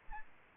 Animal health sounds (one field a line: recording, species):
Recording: mosquito wingbeat signal from an infrared sensor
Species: Aedes albopictus